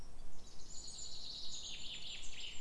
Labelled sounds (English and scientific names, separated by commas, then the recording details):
Common Chaffinch (Fringilla coelebs)
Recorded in Germany
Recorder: ecoPi